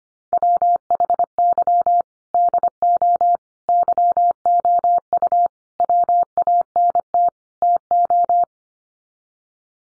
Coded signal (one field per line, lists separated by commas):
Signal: Morse code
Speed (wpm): 25 wpm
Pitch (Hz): 700 Hz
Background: none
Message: WHY DO YOU WANT TO